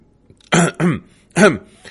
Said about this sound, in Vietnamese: Hứa Thanh liếc mắt nhìn đội trưởng. Đội trưởng ho khan một tiếng.